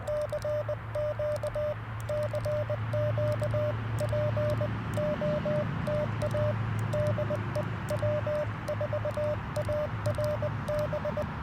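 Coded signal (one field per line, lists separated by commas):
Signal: Morse code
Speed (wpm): 20 wpm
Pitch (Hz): 600 Hz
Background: none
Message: CQ CQ POTA DE W4ARB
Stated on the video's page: QRP CW Parks on the Air activation with FX-4CR radio, Alex Loop Ham Pack antenna and Modern Morse Nameless key.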